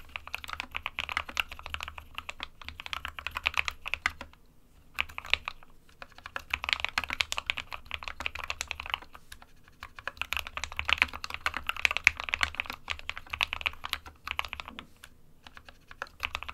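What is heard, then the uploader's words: Crisp typing on a keyboard, with rapid clicky keystrokes in dense bursts separated by brief pauses, notably around 4–5 seconds and near 9 and 14 seconds. A low steady hum sits underneath. Typing ASMR.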